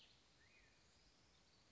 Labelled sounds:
Black-headed Grosbeak (Pheucticus melanocephalus)
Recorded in Sonoma County, California

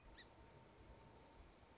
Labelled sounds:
Song Sparrow (Melospiza melodia)
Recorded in Sonoma County, California

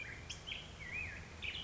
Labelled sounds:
Black-headed Grosbeak (Pheucticus melanocephalus)
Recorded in Sonoma County, California

